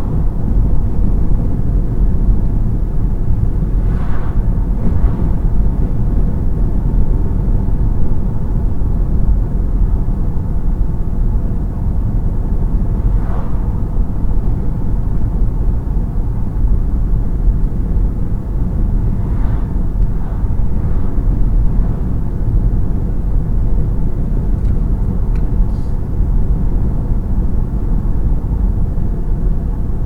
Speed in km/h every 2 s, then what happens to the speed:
93, 93, 93, 93, 93, 93, 93, 95, 95, 95, 95, 97, 97, 97, 95.
0-30 steady at about 95.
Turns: none.